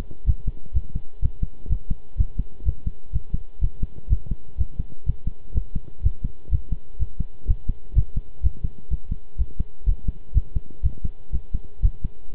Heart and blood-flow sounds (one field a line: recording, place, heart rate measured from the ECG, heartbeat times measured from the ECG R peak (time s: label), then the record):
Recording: heart sounds by stethoscope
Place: between the tricuspid and mitral areas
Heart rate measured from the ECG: 124 bpm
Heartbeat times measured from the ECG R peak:
0.26 s: heartbeat
0.74 s: heartbeat
1.22 s: heartbeat
1.69 s: heartbeat
2.17 s: heartbeat
2.65 s: heartbeat
3.13 s: heartbeat
3.61 s: heartbeat
4.09 s: heartbeat
4.58 s: heartbeat
5.06 s: heartbeat
5.54 s: heartbeat
6.03 s: heartbeat
6.51 s: heartbeat
6.99 s: heartbeat
7.47 s: heartbeat
7.95 s: heartbeat
8.43 s: heartbeat
8.90 s: heartbeat
9.38 s: heartbeat
9.86 s: heartbeat
10.34 s: heartbeat
10.83 s: heartbeat
11.32 s: heartbeat
11.82 s: heartbeat
12.33 s: heartbeat
From the record:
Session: pedaling a stationary bicycle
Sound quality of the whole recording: good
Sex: male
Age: 23 years